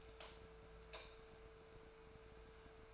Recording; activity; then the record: daily activity, microphone in the room; light off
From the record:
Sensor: 2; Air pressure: 1014.4 hPa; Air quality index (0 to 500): 174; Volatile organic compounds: 11 ppm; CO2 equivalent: 2296 ppm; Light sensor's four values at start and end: 14/40/16/16 and 10/24/10/11